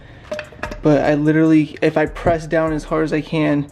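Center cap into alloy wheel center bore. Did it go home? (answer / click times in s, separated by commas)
no / none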